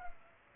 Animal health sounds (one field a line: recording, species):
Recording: mosquito wingbeat signal from an infrared sensor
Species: Culex pipiens